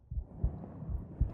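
Low, dull heartbeat thuds from an adult, picked up by a microphone pressed against the chest.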